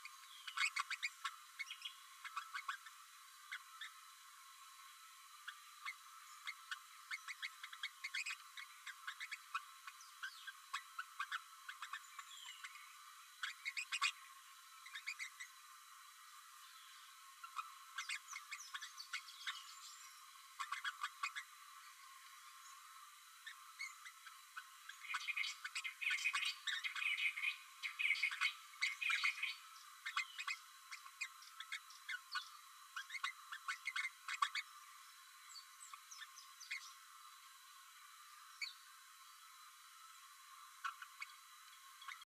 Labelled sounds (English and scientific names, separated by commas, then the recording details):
Green-rumped Parrotlet (Forpus passerinus) babbling
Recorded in a nest box in Venezuela
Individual 18B12A3